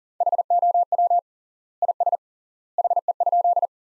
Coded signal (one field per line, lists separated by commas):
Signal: Morse code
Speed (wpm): 40 wpm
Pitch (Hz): 700 Hz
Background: none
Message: HOW IS HE?